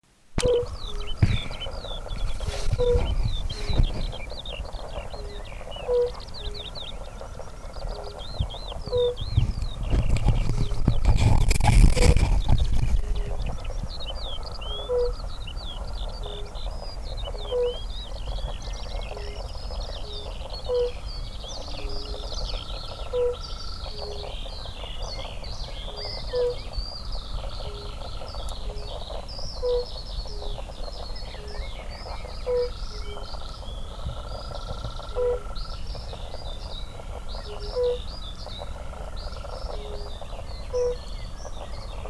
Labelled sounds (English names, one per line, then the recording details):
Fire-Bellied Toad call
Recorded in the wild
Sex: male
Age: adult
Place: Falkenberger Rieselfelder, Barnim, Berlin, DE
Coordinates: 52.5839, 13.5542
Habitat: pond
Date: 1991-04-28 12:15
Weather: Wasser: 16,5°C; Luft: 19°C
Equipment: Uher 4000 Report Monitor ME 80, K 30 AV, Schalterstellung II
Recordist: Frommolt, Karl-Heinz